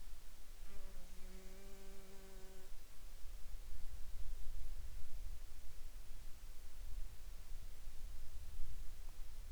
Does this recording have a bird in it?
no